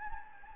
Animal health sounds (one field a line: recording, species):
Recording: mosquito wingbeat signal from an infrared sensor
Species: Anopheles gambiae